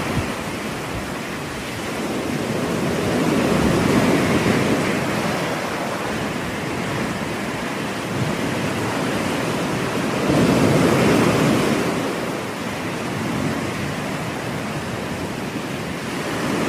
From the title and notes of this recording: Ocean Waves.